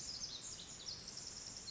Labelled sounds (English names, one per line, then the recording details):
Pacific Wren
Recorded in Sonoma County, California